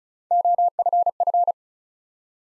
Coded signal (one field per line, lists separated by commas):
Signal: Morse code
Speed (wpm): 36 wpm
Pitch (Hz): 700 Hz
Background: none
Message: OFF